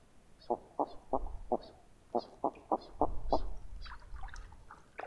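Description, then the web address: Northern pintail calling in a quick run of short notes, about three or four a second, with fainter higher calls and a low rumble behind. Common western North American species. "Songs of Birds of North America Know Your Bird Sounds. Northern Pintail"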